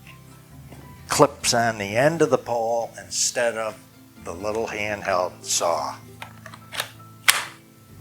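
Someone talks, then a rechargeable battery pack is clipped onto the end of a pole saw's pole, where the little handheld saw's battery would normally go. A few small plastic clicks are followed by a sharp latch click at 7.3 s, and the battery pack is seated.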